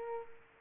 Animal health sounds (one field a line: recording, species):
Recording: mosquito wingbeat signal from an infrared sensor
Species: Culex pipiens